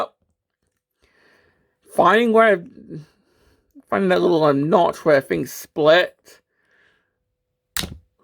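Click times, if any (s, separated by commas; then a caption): 7.8 s. Someone talks while prying apart a plastic Transformers Age of the Primes Blast Off transforming toy at the little notch where its parts split. A sharp crack-like snap is heard at 7.8 s as a plastic part releases and separates from the main body.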